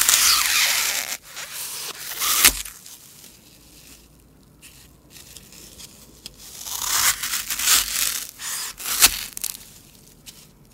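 Floral foam crunches and crumbles in bright, gritty bursts, with sharp snaps near two and nine seconds and a quieter lull between.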